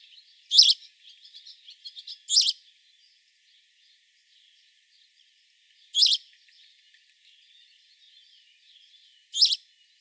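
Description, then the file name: House sparrow chirps, a few loud sharp notes spaced widely apart, with brief faint chattering near the start. "Passer domesticus"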